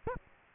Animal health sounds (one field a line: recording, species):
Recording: mosquito wingbeat signal from an infrared sensor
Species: Aedes aegypti